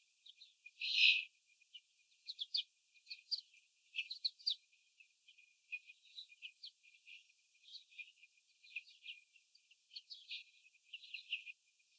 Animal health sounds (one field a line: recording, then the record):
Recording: young laying hens in a cage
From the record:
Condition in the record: after the stressor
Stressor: sudden umbrella opening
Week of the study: 3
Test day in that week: 2